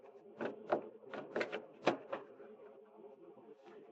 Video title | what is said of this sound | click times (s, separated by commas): HP Designjet T920/T1500/T2500 Ink System | push it into the slide until it snaps into position | 1.9 s